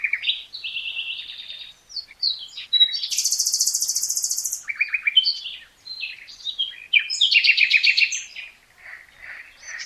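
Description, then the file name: Common nightingale singing continuously, with a long very rapid high rattle in the middle among varied whistles, chirps and buzzy trills. "Luscinia megarhynchos"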